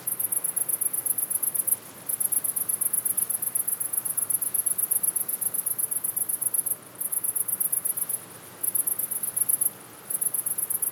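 Cricket trilling in high, fast pulses, long stretches interrupted by short silences, then shorter bursts toward the end, over low background hiss.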